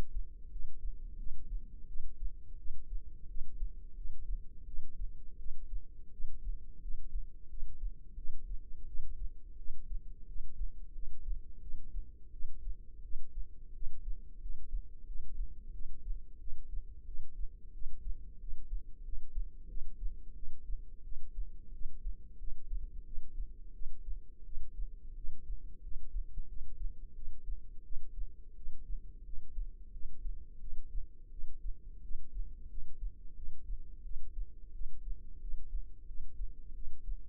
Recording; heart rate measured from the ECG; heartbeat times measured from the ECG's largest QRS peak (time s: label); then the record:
heart sounds by microphone in the left ear; 88 bpm
0.50 s: heartbeat
1.17 s: heartbeat
1.87 s: heartbeat
2.57 s: heartbeat
3.27 s: heartbeat
3.95 s: heartbeat
4.65 s: heartbeat
5.37 s: heartbeat
6.11 s: heartbeat
6.81 s: heartbeat
7.48 s: heartbeat
8.16 s: heartbeat
8.86 s: heartbeat
9.57 s: heartbeat
10.26 s: heartbeat
10.93 s: heartbeat
11.60 s: heartbeat
12.31 s: heartbeat
13.02 s: heartbeat
13.73 s: heartbeat
14.40 s: heartbeat
15.06 s: heartbeat
15.72 s: heartbeat
16.39 s: heartbeat
17.05 s: heartbeat
17.72 s: heartbeat
18.39 s: heartbeat
19.03 s: heartbeat
19.68 s: heartbeat
20.34 s: heartbeat
21.03 s: heartbeat
21.72 s: heartbeat
22.38 s: heartbeat
23.04 s: heartbeat
23.73 s: heartbeat
24.44 s: heartbeat
25.15 s: heartbeat
25.82 s: heartbeat
26.47 s: heartbeat
27.14 s: heartbeat
27.83 s: heartbeat
28.55 s: heartbeat
29.24 s: heartbeat
29.92 s: heartbeat
30.59 s: heartbeat
31.30 s: heartbeat
32.02 s: heartbeat
32.68 s: heartbeat
33.35 s: heartbeat
34.03 s: heartbeat
34.72 s: heartbeat
35.40 s: heartbeat
36.06 s: heartbeat
36.73 s: heartbeat
From the record:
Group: healthy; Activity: rest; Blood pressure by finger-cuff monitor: 83/44 mmHg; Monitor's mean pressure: 61 mmHg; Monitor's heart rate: 88 bpm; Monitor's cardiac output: 9 L/min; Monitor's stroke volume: 102 mL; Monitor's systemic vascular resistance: 470 dyn s/cm5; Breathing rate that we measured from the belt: 17 breaths a minute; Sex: female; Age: 22 years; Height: 161 cm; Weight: 65.5 kg